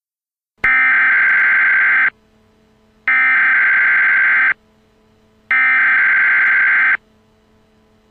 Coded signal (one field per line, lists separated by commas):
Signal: Emergency Alert System (SAME) tones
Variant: header bursts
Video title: The EAS has been activated, Charlie Brown!